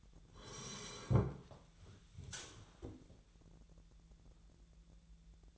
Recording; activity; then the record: daily activity, microphone in the room; sit down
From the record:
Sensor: 3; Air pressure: 1001.4 hPa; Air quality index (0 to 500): 247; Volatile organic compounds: 141 ppm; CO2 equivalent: 3980 ppm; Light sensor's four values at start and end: 12/29/12/12 and 11/26/11/11